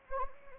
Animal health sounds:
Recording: mosquito wingbeat signal from an infrared sensor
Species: Anopheles arabiensis

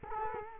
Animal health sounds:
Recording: mosquito wingbeat signal from an infrared sensor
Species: Culex quinquefasciatus

